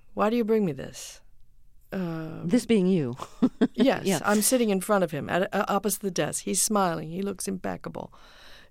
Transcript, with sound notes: Why do you bring me this?
This being you (laughter).
Yes.
Yeah.
I'm sitting in front of him at opposite the does. He's smiling. He looks impeccable.